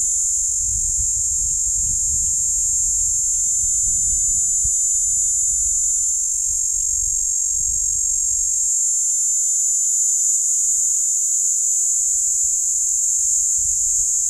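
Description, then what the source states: Cicada song: a steady, unbroken high-pitched hiss that holds level throughout, with faint ticking just beneath it and gusts of low wind rumble. Platypleura plumosa, recorded at Steytlerville.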